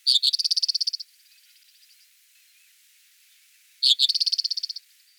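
Eastern meadowlark giving a harsh, buzzy chatter: two rapid high rattles, each about one second long, a few seconds apart, with quiet in between.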